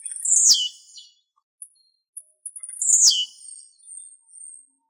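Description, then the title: Bird song, two loud, high chirps that sweep steeply downward, with faint high squeaky notes between them. "LuckyPassaros CompletosSama"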